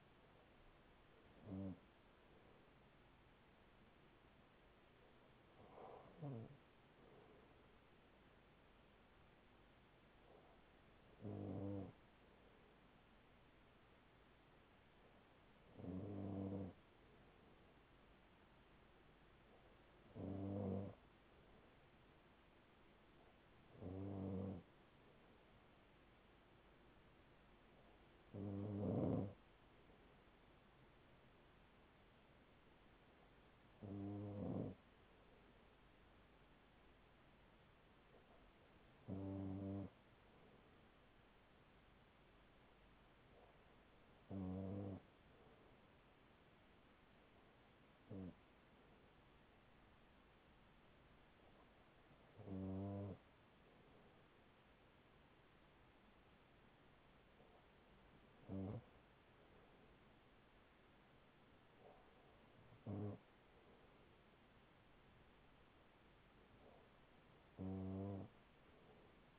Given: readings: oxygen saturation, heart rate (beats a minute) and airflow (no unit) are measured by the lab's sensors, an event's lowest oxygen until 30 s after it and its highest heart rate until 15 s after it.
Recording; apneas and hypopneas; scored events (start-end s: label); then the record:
breathing in sleep by a voice recorder at the bedside; none
15.00-69.39 s: new sleep stage, N2 (light sleep)
From the record:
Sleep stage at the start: N1 (lightest sleep); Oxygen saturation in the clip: 95%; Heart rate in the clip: 40 to 44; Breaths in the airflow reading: 15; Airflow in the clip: -5.6 to 5.9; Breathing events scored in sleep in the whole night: 207 in 7.6 hours asleep